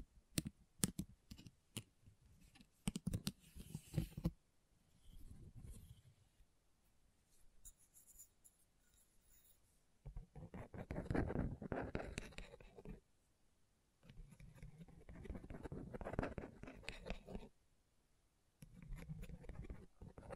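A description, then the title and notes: Scratching on a scratchboard comes in bursts of short, gritty strokes. The opening seconds are sharp and clicky, then softer scraping runs in stretches around 10, 14 and 19 seconds, with brief near-silent pauses between them. ASMR Brain Tingling Scratchboard (No Talking).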